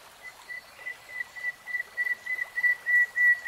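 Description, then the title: Nightingale song: a steady series of pure whistled notes on one pitch, repeated rapidly and growing louder toward the end. Nightingale singing in real time. "[Tiếng chim hót] Nightingale Singing"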